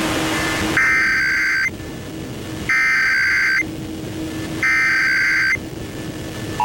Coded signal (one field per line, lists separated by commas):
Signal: Emergency Alert System (SAME) tones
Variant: header bursts